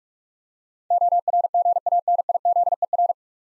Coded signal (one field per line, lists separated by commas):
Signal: Morse code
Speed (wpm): 46 wpm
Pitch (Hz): 700 Hz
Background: none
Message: ORGANIZER